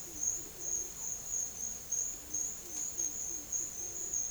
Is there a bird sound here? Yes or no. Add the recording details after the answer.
no. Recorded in secondary vegetation near Puerto Asís, Putumayo, Colombia, on 8 March 2025 at 12:00. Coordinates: 0.488, -76.319. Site G095